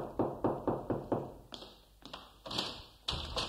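A run of quick, evenly spaced knocks on an apartment door, about five sharp raps, followed by a few more scattered, softer taps and bumps, in an old Arabic radio comedy programme.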